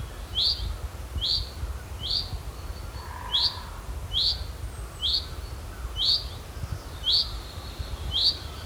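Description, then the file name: Common chaffinch calling with a series of brief, bright clipped notes at a fairly even pace, against constant low-pitched background hum. "Fringilla coelebs"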